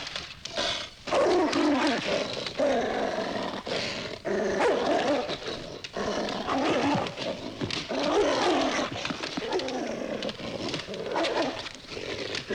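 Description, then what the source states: Dog: snarling animal, harsh continuous growls and rasping bursts with snapping sounds running through the whole stretch. Dog snarling and attacking.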